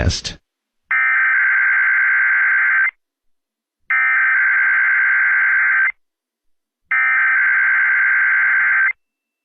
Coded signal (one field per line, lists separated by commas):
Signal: Emergency Alert System (SAME) tones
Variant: header bursts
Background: speech